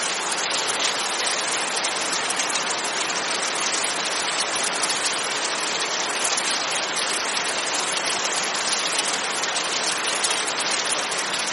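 A torrential downpour pours steadily and densely for the whole twelve seconds, a bright, hissing wash of countless drops with a faint rattle of individual impacts. The level stays constant throughout, enveloping, with little low rumble beneath.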